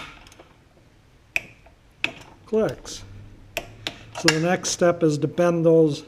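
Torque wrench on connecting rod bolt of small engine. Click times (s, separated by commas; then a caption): 1.4 s, 2.0 s. A torque wrench set to 85 inch-pounds clicks on the connecting rod bolts of a small 8 hp Briggs engine, giving two sharp metallic clicks at 1.4 s and 2.0 s. The wrench clicks at its setting, confirming the bolts are torqued. Someone then talks.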